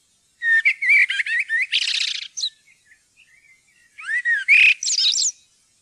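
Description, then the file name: Common blackbird sings two rich warbling phrases, the first closing in a dense scratchy trill, the second ending in high squeaky notes, against a quiet background. "svarttrost"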